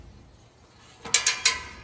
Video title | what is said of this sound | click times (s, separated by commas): MPC3500 - 3500lbs Pontoon Lift - Vertical - Assembly Video | Press firmly at the center of the wheel to thread it into the winch shaft. Turn until you hear three clicks. | 1.1 s, 1.3 s, 1.5 s